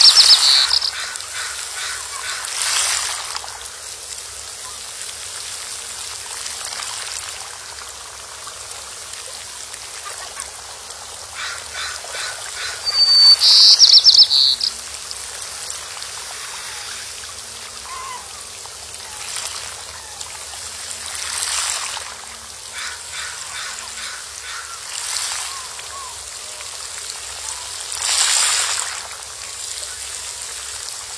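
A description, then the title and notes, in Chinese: Wild ducks and other waterbirds on a lake, heard as scattered honking calls and short splashy bursts at the water surface, loudest around 14 and 28 seconds. A faint, steady watery hiss runs underneath. 野鸭鸟儿嬉戏于湖面。千（河）渭（河）湿地群鸟之苍鹭白鹭绿头鸭鸬鹚黒鹳野鸭麻苇鶼。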